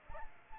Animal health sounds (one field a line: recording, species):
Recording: mosquito wingbeat signal from an infrared sensor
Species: Aedes aegypti